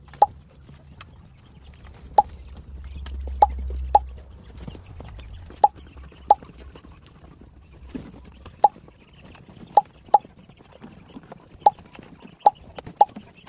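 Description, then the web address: Quail calls as short, sharp notes repeated irregularly, with a low rumble early on. Recorded at Orotina. "orotina codorniz"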